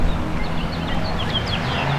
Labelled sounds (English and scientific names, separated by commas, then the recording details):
House Finch (Haemorhous mexicanus) song
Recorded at West Islip on Long Island, New York, on 18 May 2013
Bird L